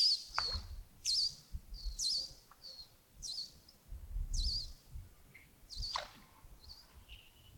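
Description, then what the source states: Birds chirping: high, sharp chirps repeat about once a second over a low background rumble, with a few softer lower notes in between. Early morning at Yagongding, 28 December 2025, around 07:40.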